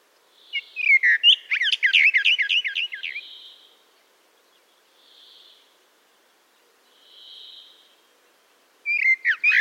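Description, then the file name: Common blackbird delivering a dense, fluting warble that tumbles into rapid high chittering, followed by soft faint hisses and the start of another phrase. "Turdus merula"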